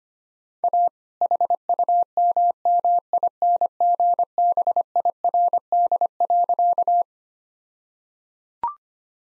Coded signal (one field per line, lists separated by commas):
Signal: Morse code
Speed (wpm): 25 wpm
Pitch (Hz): 700 Hz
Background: none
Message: A HUMMINGBIRD.